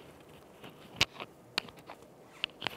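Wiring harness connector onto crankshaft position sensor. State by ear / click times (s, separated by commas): seated / 1.6 s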